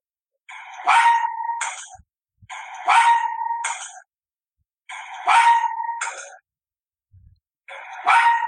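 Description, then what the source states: Arctic fox call: a short harsh bark, the same single sound heard four times, about every two to three seconds, with silence between. A single short sound, played several times in a row.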